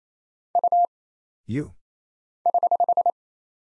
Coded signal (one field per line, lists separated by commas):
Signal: Morse code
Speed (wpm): 27 wpm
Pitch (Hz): 700 Hz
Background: none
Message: U <HH>